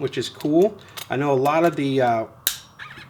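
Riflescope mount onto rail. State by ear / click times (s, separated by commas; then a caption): seated / 2.5 s. The mount of an ATN Thor Smart HD thermal riflescope is fitted onto a rail while someone talks. A single sharp snap at 2.5 s shows the mount seating in place. It sits tight because the mount nuts were tightened and thread-locked after some earlier scopes had loose mounts.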